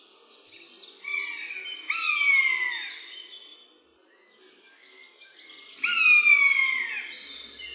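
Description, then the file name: Common buzzard giving two drawn-out, downward-sliding mewing cries about four seconds apart. "myszolow"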